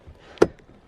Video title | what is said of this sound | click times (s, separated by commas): How to lay your back seat down (2017-2019, F250-F350) | beauty of this thing is you know you can hear it click and latch and it just works | 0.4 s